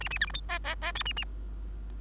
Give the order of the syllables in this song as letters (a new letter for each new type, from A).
A A B C D E E E F A A